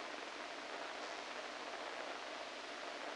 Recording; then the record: brain microelectrode recording played as sound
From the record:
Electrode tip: inside the subthalamic nucleus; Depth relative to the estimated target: -4 mm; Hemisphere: right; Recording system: NeuroSet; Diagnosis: Parkinson's disease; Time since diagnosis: 14 years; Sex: male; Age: 51 years